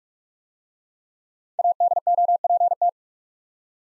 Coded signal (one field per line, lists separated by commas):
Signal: Morse code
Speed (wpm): 44 wpm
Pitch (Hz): 700 Hz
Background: none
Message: ADOPT